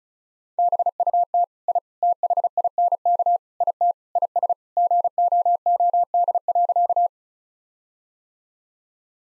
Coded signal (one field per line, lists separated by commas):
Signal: Morse code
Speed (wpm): 36 wpm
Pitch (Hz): 700 Hz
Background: none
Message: BUT I THINK IT IS GOOD.